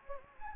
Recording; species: mosquito wingbeat signal from an infrared sensor; Anopheles gambiae